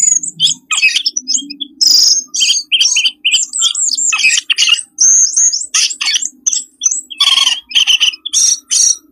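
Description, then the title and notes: Birds giving bursts of scratchy chatter and high chirps in a lively, jumbled stream. Compilation of lure sounds meant to attract stubborn, wary birds that are hard to approach. "Suara Burung Bandel Yang Susah Mendekati. Kompilasi Suara Pikat Burung"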